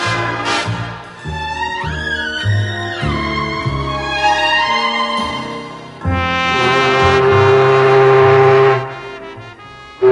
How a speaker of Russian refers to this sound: Басовито загудел пароходный гудок, оглянулся волк. Стоит у причала теплоход, поднимаются по трапу пассажиры.